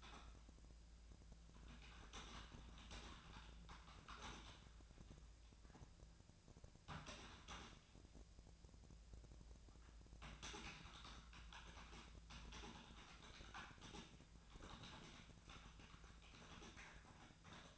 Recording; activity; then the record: daily activity, microphone in the room; typing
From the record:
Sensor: 2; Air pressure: 1000.0 hPa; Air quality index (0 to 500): 129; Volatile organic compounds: 2 ppm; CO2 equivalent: 1105 ppm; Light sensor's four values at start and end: 25/63/27/30 and 25/61/26/29